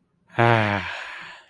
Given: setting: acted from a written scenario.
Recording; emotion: vocal sound without words; contentment